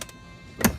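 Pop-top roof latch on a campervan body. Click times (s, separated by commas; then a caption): 0.0 s, 0.6 s. A pop-top roof on a EuroVan Weekender campervan is pulled down slowly and steadily until its latch catches. A first click is heard at 0.0 s and a louder second click at 0.6 s, and the roof is latched, ready for its lever to be pushed to lock.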